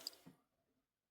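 A magnet-held opening panel on a weathered metal diecast BMW 507 model car by GFCC is closed again and snaps shut with a short, sharp click at 0.1 s. A softer, lower knock follows near 0.3 s, then a faint tail fades out by about 0.8 s. The panel is seated.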